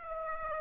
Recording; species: mosquito wingbeat signal from an infrared sensor; Aedes aegypti